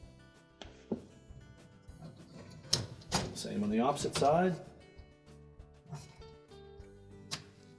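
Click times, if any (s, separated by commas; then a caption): none. A second plastic rack stop is handled and pressed toward the opposite rail of a dishwasher upper rack while someone talks over background music, with sharp knocks near 0.6, 0.9, 2.7, 3.0 and 7.3 seconds, the loudest at 2.7 seconds. The stop has not seated or clicked into place yet.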